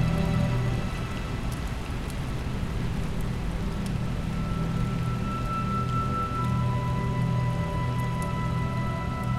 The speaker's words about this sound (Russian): В четвертой непомнящей столице шел ливень, как и почти всегда с наступлением вечера.